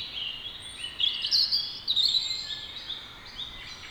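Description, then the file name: European robin song: a short, bright, jangling phrase of high tinkling notes in the middle, fading into softer thin warbles, with constant low hiss behind. "Erithacus rubecula"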